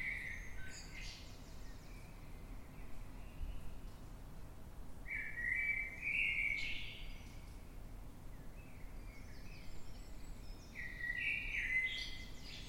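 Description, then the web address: Eurasian blackbird singing several fluty phrases separated by pauses, mixing mellow whistles with high thin squeaky notes, over a continuous low hum. Recorded in the dead of night, 3:50 am, in London, UK, on 9 March 2026. "Blackbird Dead Of Night. london uk. by eleanor mcdowall"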